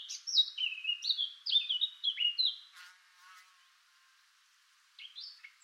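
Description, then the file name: Eurasian blackcap song: a quick run of bright, varied warbling notes for about two and a half seconds, a pause, then a brief new phrase starting at the end. "Sylvia atricapilla"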